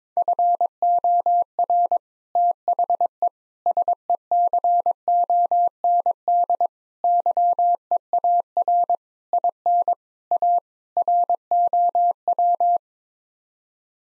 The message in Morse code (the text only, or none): FOR THE SECOND YEAR IN A ROW